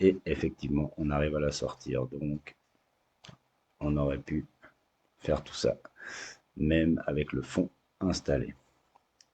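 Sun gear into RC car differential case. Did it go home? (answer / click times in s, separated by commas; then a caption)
yes / 9.2 s. Someone talks while the first sun gear is pressed into the bottom of a machined differential case for an Arrma Kraton 6S V6 EXB RC car, followed by a few faint ticks near the end. A small, sharp click at 9.2 s marks the gear seating at the bottom of the case, taken as proof of a precise, well-machined fit.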